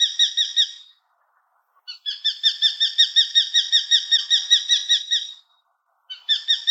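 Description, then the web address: Common kestrel giving rapid, sharp kee-kee-kee notes in a short burst and a longer burst separated by a pause, with a third burst starting at the end. "пустельга"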